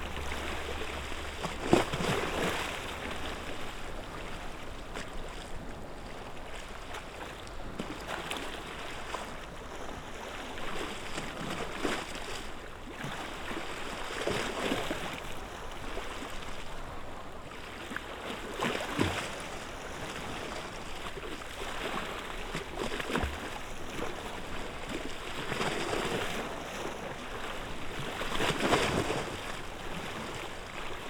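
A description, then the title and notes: Sea sounds at a seafront jetty, a steady wash of water with soft surges swelling every few seconds, strongest around 15, 19 and 29 seconds. A low hum runs underneath, heavier in the first two seconds, and a sharp knock lands near the start. Margate - Seafront Jetty. SD744T & BP4025. Seafront jetty on Royal Crescent Promenade. Early afternoon in May.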